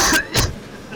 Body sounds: coughing mixed with background sound

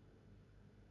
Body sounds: background sound without coughing

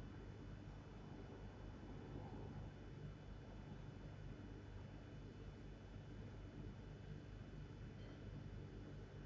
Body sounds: background sound without coughing

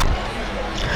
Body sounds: coughing mixed with background sound

